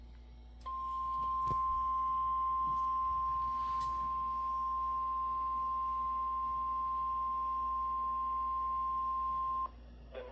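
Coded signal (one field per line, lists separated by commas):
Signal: Emergency Alert System (SAME) tones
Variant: 1050 Hz attention tone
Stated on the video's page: Real severe weather EAS alerts received in central Ohio, including Franklin County.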